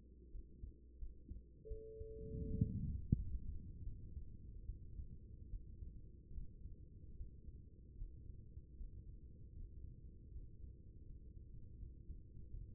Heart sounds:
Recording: heart sounds by stethoscope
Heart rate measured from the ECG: 79 bpm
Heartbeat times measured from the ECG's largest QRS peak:
0.31 s: heartbeat
0.98 s: heartbeat
1.68 s: heartbeat
2.47 s: heartbeat
3.15 s: heartbeat
3.83 s: heartbeat
4.66 s: heartbeat
5.50 s: heartbeat
6.34 s: heartbeat
7.16 s: heartbeat
7.97 s: heartbeat
8.77 s: heartbeat
9.56 s: heartbeat
10.32 s: heartbeat
11.05 s: heartbeat
11.78 s: heartbeat
12.50 s: heartbeat
From the record:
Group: healthy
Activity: rest 0-3 s, Valsalva maneuver 3-13 s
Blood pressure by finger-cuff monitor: 121/74 mmHg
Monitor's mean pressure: 87 mmHg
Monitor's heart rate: 78 bpm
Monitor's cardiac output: 6.5 L/min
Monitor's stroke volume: 80 mL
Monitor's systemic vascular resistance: 1000 dyn s/cm5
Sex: female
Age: 24 years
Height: 163 cm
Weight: 55.7 kg

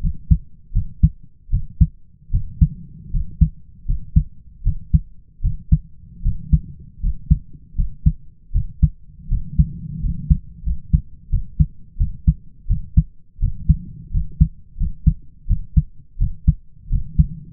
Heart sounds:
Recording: heart sounds by stethoscope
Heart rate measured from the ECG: 82 bpm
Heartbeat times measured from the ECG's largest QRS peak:
0.00 s: heartbeat
0.73 s: heartbeat
1.50 s: heartbeat
2.31 s: heartbeat
3.11 s: heartbeat
3.86 s: heartbeat
4.63 s: heartbeat
5.41 s: heartbeat
6.22 s: heartbeat
7.00 s: heartbeat
7.75 s: heartbeat
8.52 s: heartbeat
9.28 s: heartbeat
10.00 s: heartbeat
10.63 s: heartbeat
11.30 s: heartbeat
11.97 s: heartbeat
12.67 s: heartbeat
13.39 s: heartbeat
14.11 s: heartbeat
14.77 s: heartbeat
15.47 s: heartbeat
16.18 s: heartbeat
16.89 s: heartbeat
From the record:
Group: healthy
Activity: rest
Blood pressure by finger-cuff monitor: 115/63 mmHg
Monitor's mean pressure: 75 mmHg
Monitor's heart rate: 82 bpm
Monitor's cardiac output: 5.9 L/min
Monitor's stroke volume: 74 mL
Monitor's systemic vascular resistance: 890 dyn s/cm5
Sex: male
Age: 20 years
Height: 167 cm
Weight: 61 kg

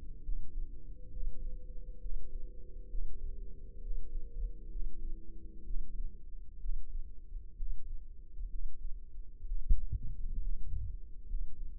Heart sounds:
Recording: heart sounds by microphone in the left ear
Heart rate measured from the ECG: 65 bpm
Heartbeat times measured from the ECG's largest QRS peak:
0.22 s: heartbeat
1.10 s: heartbeat
1.99 s: heartbeat
2.88 s: heartbeat
3.80 s: heartbeat
4.69 s: heartbeat
5.64 s: heartbeat
6.59 s: heartbeat
7.55 s: heartbeat
8.48 s: heartbeat
9.45 s: heartbeat
10.38 s: heartbeat
11.27 s: heartbeat
From the record:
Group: healthy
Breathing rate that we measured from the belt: 18 breaths a minute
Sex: male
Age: 35 years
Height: 178 cm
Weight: 64 kg

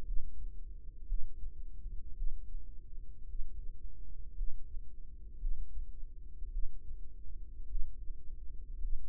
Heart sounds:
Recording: heart sounds by microphone in the right ear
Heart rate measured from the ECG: 55 bpm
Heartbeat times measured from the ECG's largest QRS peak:
0.05 s: heartbeat
1.07 s: heartbeat
2.15 s: heartbeat
3.28 s: heartbeat
4.35 s: heartbeat
5.39 s: heartbeat
6.51 s: heartbeat
7.68 s: heartbeat
8.81 s: heartbeat
From the record:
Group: healthy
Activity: rest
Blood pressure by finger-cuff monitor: 87/51 mmHg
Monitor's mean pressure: 64 mmHg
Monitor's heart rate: 56 bpm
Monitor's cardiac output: 5.1 L/min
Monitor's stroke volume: 90 mL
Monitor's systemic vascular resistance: 880 dyn s/cm5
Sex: female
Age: 28 years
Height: 170 cm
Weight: 77 kg

